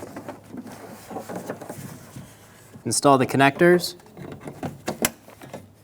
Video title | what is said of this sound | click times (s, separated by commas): How to Replace Front Door Lock Actuators 2003-2007 Honda Accord | push until you hear a click if you don't hear a click give them a pull make sure they're locked on | 5.1 s